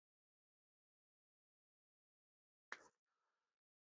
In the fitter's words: That just had a nice little click in.